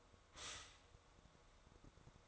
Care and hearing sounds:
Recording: daily activity, microphone in the room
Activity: stop toaster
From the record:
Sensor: 3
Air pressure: 1004.2 hPa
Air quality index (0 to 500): 201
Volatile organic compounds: 15 ppm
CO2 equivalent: 2512 ppm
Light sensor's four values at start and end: 4/11/4/4 and 4/11/4/4

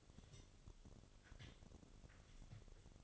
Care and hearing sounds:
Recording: daily activity, microphone in the room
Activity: take from stove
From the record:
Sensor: 4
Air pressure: 1008.8 hPa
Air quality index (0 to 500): 127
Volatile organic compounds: 1 ppm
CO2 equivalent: 925 ppm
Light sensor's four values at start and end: 11/24/9/9 and 11/24/9/9

